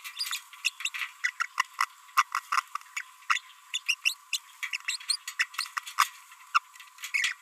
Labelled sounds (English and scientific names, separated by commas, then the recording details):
Green-rumped Parrotlet (Forpus passerinus) babbling
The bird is a female
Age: 28 days
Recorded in a nest box in Venezuela
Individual 17B42B2